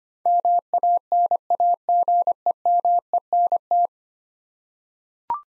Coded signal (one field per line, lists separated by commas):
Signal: Morse code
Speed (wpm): 25 wpm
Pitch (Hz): 700 Hz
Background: none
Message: MANAGEMENT